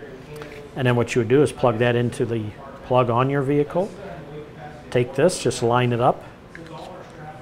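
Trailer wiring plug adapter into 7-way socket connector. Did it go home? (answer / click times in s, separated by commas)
yes / 6.5 s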